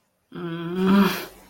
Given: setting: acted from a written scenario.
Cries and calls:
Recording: vocal sound without words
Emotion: sadness

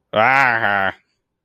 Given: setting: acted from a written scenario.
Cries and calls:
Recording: vocal sound without words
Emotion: negative surprise

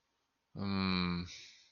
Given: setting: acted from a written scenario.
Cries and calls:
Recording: vocal sound without words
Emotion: guilt

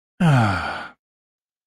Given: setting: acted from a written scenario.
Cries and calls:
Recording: vocal sound without words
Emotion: romantic love

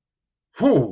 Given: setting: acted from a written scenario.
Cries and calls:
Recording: vocal sound without words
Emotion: elation

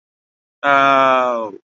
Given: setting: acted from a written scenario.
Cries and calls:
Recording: vocal sound without words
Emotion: realization

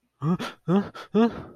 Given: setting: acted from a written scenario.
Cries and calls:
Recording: vocal sound without words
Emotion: fear

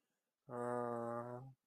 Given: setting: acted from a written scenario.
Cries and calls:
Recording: vocal sound without words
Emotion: romantic love

